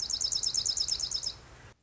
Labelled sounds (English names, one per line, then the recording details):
Dark-eyed Junco
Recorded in Sonoma County, California